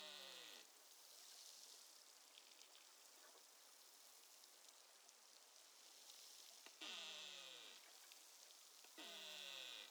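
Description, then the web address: Beluga calls: three harmonic, downward-sweeping calls, at the start, near seven seconds and near nine seconds, over steady hissing background noise with scattered faint clicks. Northern Baffin Bay, 19 July 2015, 13:06:50 UTC, recorded with an AMAR recorder. "BELUGA figures Baffin north"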